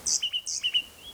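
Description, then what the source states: Oak Titmouse song: two quick phrases, each a high buzzy note followed by two clearer lower notes, within about a second. One of a series of songs counted aloud one by one.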